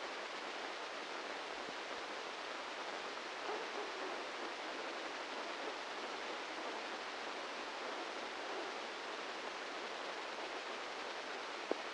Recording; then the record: brain microelectrode recording played as sound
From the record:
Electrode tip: inside the subthalamic nucleus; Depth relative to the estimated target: -1 mm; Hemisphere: left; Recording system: NeuroSet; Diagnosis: Parkinson's disease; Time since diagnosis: 15 years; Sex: male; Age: 65 years